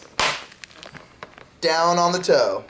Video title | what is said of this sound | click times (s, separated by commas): Burton Step On Bindings – Complete Guide & Review | guys may have heard two clicks in the heel that's the two different positions they've | 0.2 s, 0.6 s